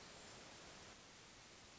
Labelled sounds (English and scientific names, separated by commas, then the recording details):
Hermit Thrush (Catharus guttatus)
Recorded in Sonoma County, California